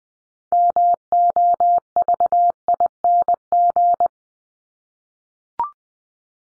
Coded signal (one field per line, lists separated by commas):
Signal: Morse code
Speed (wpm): 20 wpm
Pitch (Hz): 700 Hz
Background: none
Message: MOVING